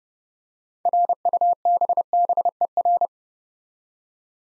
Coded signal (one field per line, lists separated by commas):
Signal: Morse code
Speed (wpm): 30 wpm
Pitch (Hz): 700 Hz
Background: none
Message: RUBBER